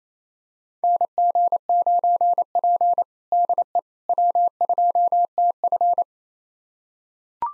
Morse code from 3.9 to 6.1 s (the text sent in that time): W2TF